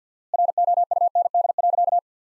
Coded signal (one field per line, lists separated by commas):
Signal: Morse code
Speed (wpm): 50 wpm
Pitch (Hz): 700 Hz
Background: none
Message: ROUND.